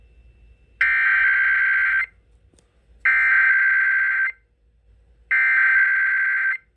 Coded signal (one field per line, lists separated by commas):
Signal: Emergency Alert System (SAME) tones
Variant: header bursts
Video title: First IPAWS RWT of 2023! (EAS #663)